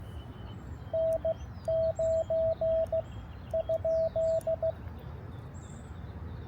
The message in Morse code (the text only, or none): N9 ?